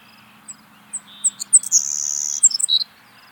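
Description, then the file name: Savannah sparrow song: a few thin high introductory chips, then a long sibilant insect-like buzz followed by a short lower buzzy trill at the end. "Passerculus sandwichensis - Savannah Sparrow"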